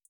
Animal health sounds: hydrophone in a shrimp aquaculture tank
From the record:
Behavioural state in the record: feeding

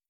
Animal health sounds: hydrophone in a shrimp aquaculture tank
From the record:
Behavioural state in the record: starved

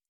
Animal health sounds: hydrophone in a shrimp aquaculture tank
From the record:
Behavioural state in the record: normal

